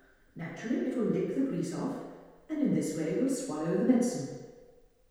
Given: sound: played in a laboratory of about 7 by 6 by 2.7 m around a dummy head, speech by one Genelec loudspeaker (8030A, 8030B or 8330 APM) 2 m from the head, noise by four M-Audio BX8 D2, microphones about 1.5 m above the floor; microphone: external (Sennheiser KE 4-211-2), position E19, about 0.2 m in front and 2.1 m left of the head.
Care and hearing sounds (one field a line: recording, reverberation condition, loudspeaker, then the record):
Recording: female speech in English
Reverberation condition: high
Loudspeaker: 150 degrees to the right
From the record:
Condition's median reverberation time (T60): about 1300 ms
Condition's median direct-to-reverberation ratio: about -4.0 dB